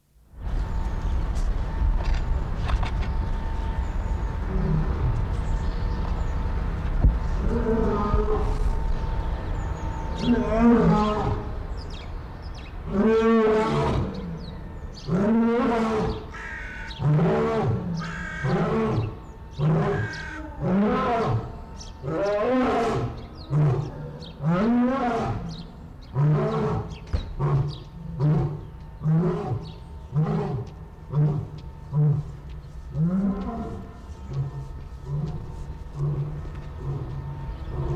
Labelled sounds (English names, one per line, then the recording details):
Lion
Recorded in captivity
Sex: male
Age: adult
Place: Zoo Berlin, Berlin, DE
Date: 1993-03-06 13:10
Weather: 3-6 °C, heiter bis wolkig
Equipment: Marantz CP 430, Sennheiser ME 80, Kopie Uher Variocord 263
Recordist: Tembrock, Günter